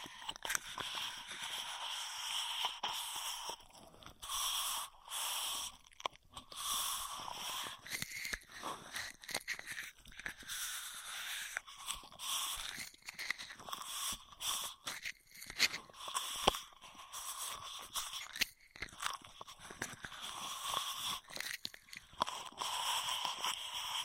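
Straw sounds fill the clip: rapid crackles, crinkles and airy hissing tones that run almost without pause. The texture is bright and busy with little low end, broken by a few brief quiet gaps near five and sixteen seconds before the dense clicking resumes.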